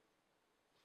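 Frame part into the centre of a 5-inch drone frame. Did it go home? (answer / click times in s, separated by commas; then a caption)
no / none. A frame part is handled as it is brought to the centre of a 5-inch drone frame, giving only faint, steady low-level noise with no sharp hits. Nothing has seated or clicked yet.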